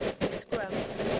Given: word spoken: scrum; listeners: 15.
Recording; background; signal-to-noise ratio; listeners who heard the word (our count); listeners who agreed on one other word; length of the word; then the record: one English word in noise, from a listening test; noise modulated by three-talker babble; -7.1 dB; 3 of 15; 7 of 15; 0.80 s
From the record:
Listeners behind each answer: 7, 3, 1, 1, 1, 1, 1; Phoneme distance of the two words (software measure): 10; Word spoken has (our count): 1 syllable, 5 phonemes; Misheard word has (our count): 1 syllable, 5 phonemes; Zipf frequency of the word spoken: 4.21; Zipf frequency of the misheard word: 3.69